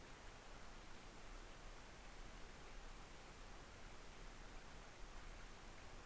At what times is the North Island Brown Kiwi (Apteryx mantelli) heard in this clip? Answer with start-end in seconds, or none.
none